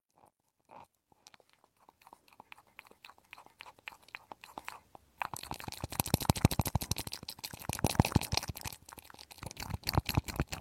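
Ear cleaning with a penetrating flow makes a run of crackly, crunching clicks. For the first five seconds the clicks are sparse and grow gradually, then they turn dense, loud and bright, with rapid irregular crackling that continues to the end.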